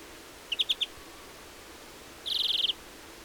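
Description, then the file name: European greenfinch calls: a quick chatter of four notes, then after a pause a longer rattling buzzy trill. "Chloris chloris"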